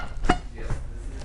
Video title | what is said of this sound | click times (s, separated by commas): Pride Mobility LC 250 3 Position Lift Chair Unboxing and Assembly | I got both sides lined up I'm just going to push down and there should be an audible click uh once it catches | 0.3 s